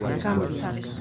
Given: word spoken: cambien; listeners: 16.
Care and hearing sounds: one Spanish word in noise, from a listening test; eight-talker babble; 0.0 dB; 0 of 16; 9 of 16; 0.61 s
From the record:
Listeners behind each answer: 9, 2, 1, 1, 1, 1, 1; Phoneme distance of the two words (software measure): 20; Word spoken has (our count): 2 syllables, 7 phonemes, stress on syllable 1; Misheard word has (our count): 2 syllables, 7 phonemes, stress on syllable 1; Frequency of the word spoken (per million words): 2.80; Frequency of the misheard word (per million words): 123.79

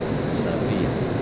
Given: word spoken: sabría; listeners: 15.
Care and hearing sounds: one Spanish word in noise, from a listening test; speech-shaped noise; -6.8 dB; 2 of 15; 7 of 15; 0.82 s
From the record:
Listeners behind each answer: 7, 2, 2, 1, 1, 1, 1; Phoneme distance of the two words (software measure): 17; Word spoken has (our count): 3 syllables, 6 phonemes, stress on syllable 2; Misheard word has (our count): 2 syllables, 5 phonemes, stress on syllable 1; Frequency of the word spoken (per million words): 5.78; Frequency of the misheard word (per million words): 5.49

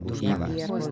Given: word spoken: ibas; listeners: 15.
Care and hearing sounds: one Spanish word in noise, from a listening test; four-talker babble; -0.3 dB; 1 of 15; 6 of 15; 0.52 s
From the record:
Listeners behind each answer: 6, 1, 1, 1, 1, 1, 1, 1, 1, 1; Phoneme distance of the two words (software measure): 38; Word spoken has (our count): 2 syllables, 4 phonemes, stress on syllable 1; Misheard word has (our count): 3 syllables, 8 phonemes, stress on syllable 2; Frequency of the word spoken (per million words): 5.14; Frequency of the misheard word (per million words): 0.42

